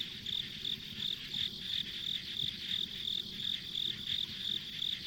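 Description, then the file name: Insect chirping, with bright, high pulses coming evenly above a constant high shimmer. Ambient insect sounds on a country road. "田舎道の虫の環境音"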